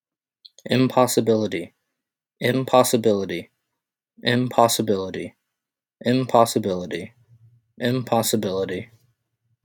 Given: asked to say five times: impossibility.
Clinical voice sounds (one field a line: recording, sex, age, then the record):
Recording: repeated word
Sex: male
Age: 20 to 29 years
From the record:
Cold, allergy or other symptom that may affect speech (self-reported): no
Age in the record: 28 years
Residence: United States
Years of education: 16